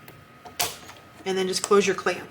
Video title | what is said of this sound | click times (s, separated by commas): Make Christmas Gift Tags With Cricut - Free Christmas Gift Tag SVG & Easy Tutorial | you can find this little marking that's on there just put it in you're going to hear it click | 0.6 s